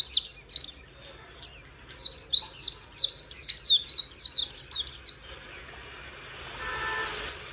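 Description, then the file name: White-eye song of quick high chirps in two runs; afterwards a lower, harmonic call sounds softly in the background alongside a last high note. "Zosterops"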